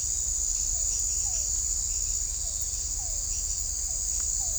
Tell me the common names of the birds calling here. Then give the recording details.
none. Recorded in shrubland near Pivijay, Magdalena, Colombia, on 2 June 2023 at 03:00. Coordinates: 10.453, -74.365. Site P5-G022